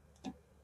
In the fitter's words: no rust on that just snap right in exactly what it did